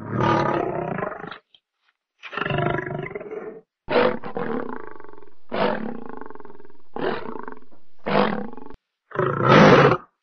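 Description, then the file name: Lion roaring in a series of loud, raspy bursts, some separated by short silent gaps. "Sonido del leon Rugido"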